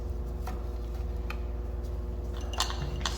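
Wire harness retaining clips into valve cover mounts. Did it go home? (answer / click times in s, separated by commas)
yes / 1.3 s, 2.6 s, 3.1 s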